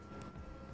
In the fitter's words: Tac, et là on a entendu le petit clip.